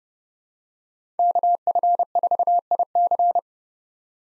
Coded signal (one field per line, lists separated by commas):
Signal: Morse code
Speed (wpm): 30 wpm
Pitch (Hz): 700 Hz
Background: none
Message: KF4IC